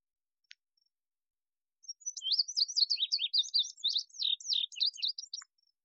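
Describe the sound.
Indigo bunting song: a quick, high run of sweet, sharp notes lasting about three and a half seconds, slurred up and down.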